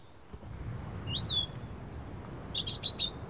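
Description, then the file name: European robin song: a thin high sliding phrase, then a long very high wavering note, then a jumbled twittering burst at the end, over low rumbling background noise. "Erithacus rubecula 291115"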